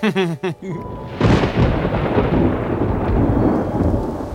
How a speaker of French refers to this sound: Oh oh, Mick, j'ai bien peur qu'un orage se prépare.